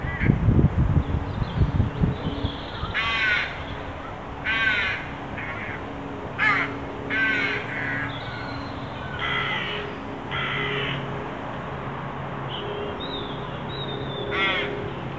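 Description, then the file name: Carrion crow giving spaced harsh caws after an opening low rumble, with a continuous low hum throughout. "Corvus corone"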